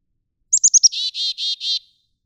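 Black-capped chickadee chick-a-dee call, four rapid high chips leading into four even, buzzy dee notes.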